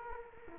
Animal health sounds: mosquito wingbeat signal from an infrared sensor; Culex quinquefasciatus

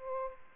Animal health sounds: mosquito wingbeat signal from an infrared sensor; Aedes aegypti

